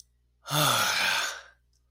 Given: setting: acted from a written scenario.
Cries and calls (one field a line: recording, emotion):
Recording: vocal sound without words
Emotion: relief